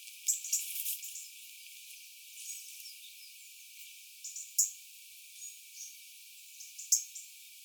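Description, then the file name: European robin giving irregular sharp high ticks, with a short busy burst of notes at the start and softer chips later. "Erithacus rubecula"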